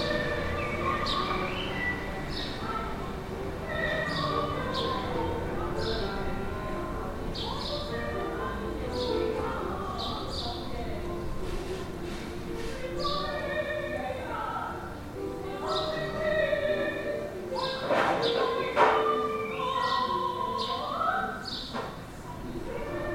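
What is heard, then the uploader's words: A singer practices somewhere across a courtyard, the voice carrying from a distance over a steady low city hum. Short phrases come and go, and from about seventeen seconds the voice holds longer notes that bend and slide in pitch before the end. During a visit to Lisbon, I was cooking with the window open. A singer can be heard practicing through the courtyard, but the exact flat was impossible to place.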